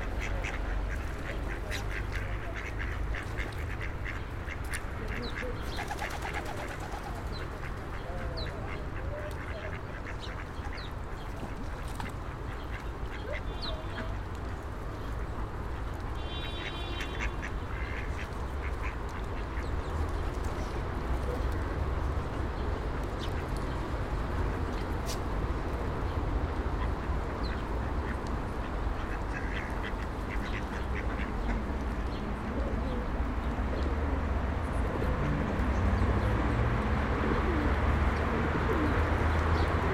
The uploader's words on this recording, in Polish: Kaczki i gołębie na Promenadzie Staromiejskiej. Lokalizacja: Stare Miasto. Kaczki i gołębie karmione przez przechodniów. Rekorder, mikrofon: sony pcm d50, mic rode nt4, FEL BMA preamplifier.